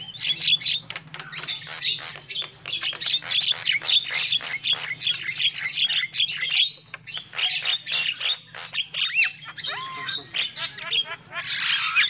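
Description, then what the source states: Lovebird chatter of dense sharp squawks and clicks, nearly continuous, with a few rising whistled squeaks toward the end. Used as a lure call for trapping lovebirds.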